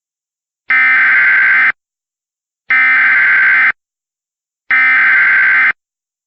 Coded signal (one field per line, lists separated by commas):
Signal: Emergency Alert System (SAME) tones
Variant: header bursts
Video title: *VALID TONES* Hurricane Dorian EAS Compilation